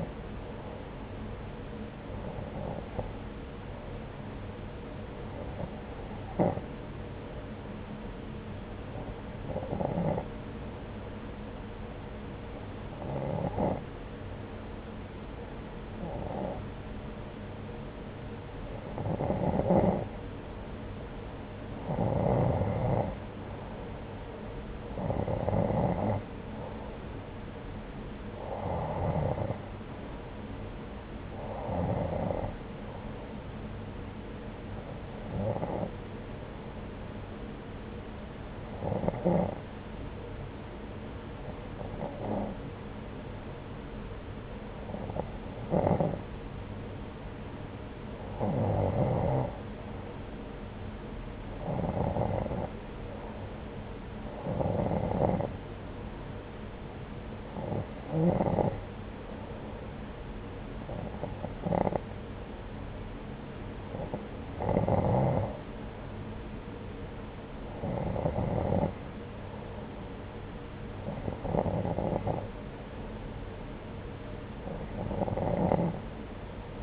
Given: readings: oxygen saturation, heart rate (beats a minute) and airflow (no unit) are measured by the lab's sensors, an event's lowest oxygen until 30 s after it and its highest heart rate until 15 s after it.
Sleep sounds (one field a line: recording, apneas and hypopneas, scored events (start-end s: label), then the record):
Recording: breathing in sleep by a voice recorder at the bedside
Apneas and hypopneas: 1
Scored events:
36.00-48.40 s: hypopnea (N2, oxygen 92% highest, then 89% lowest, heart rate 68 at the start, 80 highest)
From the record:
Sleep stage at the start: N2 (light sleep)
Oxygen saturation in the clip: 89 to 92%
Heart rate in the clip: 63 to 81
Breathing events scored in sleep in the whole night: 303 in 8.1 hours asleep